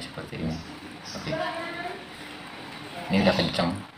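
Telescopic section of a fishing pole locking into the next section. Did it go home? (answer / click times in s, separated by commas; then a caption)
no / none. A section of a telescopic fishing pole fitted with a homemade zoom is handled as it is pulled out or pushed in toward locking into the next section, while someone talks throughout. Nothing has seated or clicked yet, as the section is not yet locked by the end of the clip.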